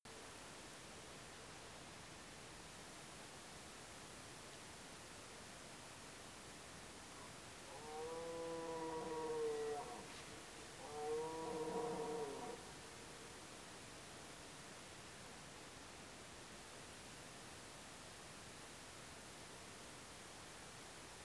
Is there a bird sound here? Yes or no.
no